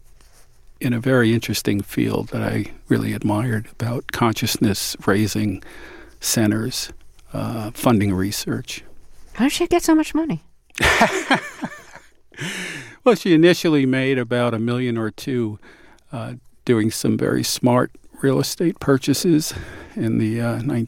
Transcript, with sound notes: in a very interesting field that I really admired about consciousness-raising centers, funding research.
How does she get so much money?
(Laughter) Well, she initially made about 1 million or two doing some very smart real estate purchases in the